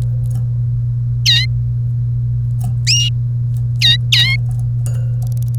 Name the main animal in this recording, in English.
Domestic Canary